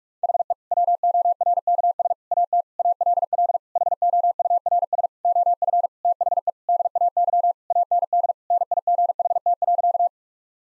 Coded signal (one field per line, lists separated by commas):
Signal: Morse code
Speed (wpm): 46 wpm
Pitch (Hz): 700 Hz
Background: none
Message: HE WORKS AT ALL HOURS OF THE DAY AND NIGHT.